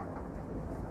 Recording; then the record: background sound without coughing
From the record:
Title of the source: Train Ride Ambience ambient white noise for sleeping, focus, studying, reading